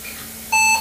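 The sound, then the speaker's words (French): A single short electronic beep from a 1992–93 PC booting up with Windows 95, a steady mid-pitched tone with bright harmonics lasting about a quarter second, sounding clearly over a faint low hum. “Un bip.”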